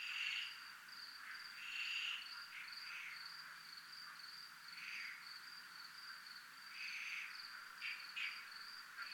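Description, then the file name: Crickets producing a continuous high pulsed trill, broken by short loud buzzy phrases at irregular intervals. Crickets recorded at zona militar (military zone). "zona militar crickets"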